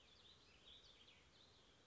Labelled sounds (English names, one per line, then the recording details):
Warbling Vireo
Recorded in Sonoma County, California